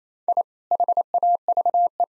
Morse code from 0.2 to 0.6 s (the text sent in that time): I